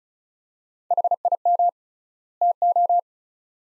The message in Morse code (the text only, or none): HIM TO